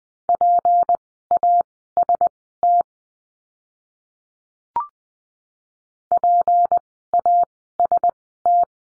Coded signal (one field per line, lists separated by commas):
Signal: Morse code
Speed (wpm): 20 wpm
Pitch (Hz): 700 Hz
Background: none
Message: PAST PAST